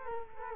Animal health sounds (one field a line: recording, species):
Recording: mosquito wingbeat signal from an infrared sensor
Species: Culex quinquefasciatus